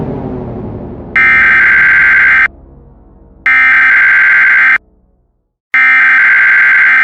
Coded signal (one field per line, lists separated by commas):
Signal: Emergency Alert System (SAME) tones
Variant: header bursts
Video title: EAS Scenario #2: Unholy Deliveries (Easter Special)